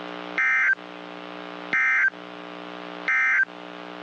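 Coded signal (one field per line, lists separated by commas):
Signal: Emergency Alert System (SAME) tones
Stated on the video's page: NOAA Weather Radio severe thunderstorm, tornado and flash flood warnings for North and Central Texas.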